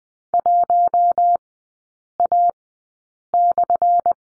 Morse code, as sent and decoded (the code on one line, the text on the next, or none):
.---- .- -..-.
1A/